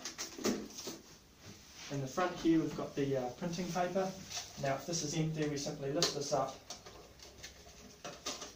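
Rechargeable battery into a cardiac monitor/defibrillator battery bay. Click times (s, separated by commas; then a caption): 0.1 s. A rechargeable battery is pushed into the battery bay of a cardiac monitor/defibrillator and clicks into place, with a single sharp click at 0.1 s, leaving the battery seated. Someone talks through most of the clip, and two short knocks sound near the end at about 8.1 and 8.3 s.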